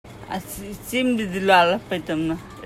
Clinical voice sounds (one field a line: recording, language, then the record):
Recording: elicited speech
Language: Bengali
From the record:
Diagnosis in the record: Broca's or global aphasia after a stroke